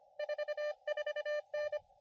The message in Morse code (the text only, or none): 44N